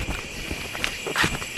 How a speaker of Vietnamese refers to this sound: Tôi nghe tiếng bước chân người đi bên đây. Tôi nghe tiếng bước chân người đi.